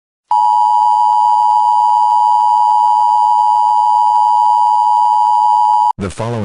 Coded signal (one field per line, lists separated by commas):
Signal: Emergency Alert System (SAME) tones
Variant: 853 and 960 Hz attention tone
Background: speech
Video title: (EAS Scenario) The Prion (Filler)